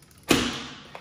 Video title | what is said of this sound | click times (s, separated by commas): Bona Spray Mop - How to Assemble | it snaps into place securely and then there is the handle section | 0.3 s